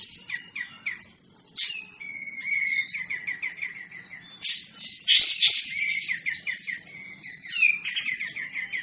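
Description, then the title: Bird song with rapid chirping phrases, repeated downslurred notes and a sustained whistled tone, busy and varied across the whole stretch. Masteran compilation of bird song, described as the most complete. "Masteran burung terlengkap"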